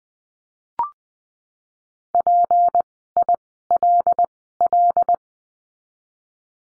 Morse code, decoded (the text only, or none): PILL